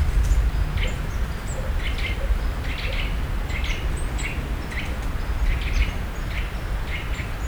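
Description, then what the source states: Eurasian nuthatch, short sharp notes repeated roughly every half second, over a constant deep rumble. Another of its calls, in nature in the Visegrád Hills, Hungary.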